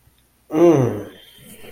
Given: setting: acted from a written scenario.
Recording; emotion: vocal sound without words; desire